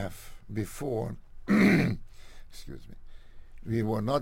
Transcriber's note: clears throat